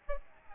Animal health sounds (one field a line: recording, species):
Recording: mosquito wingbeat signal from an infrared sensor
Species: Aedes albopictus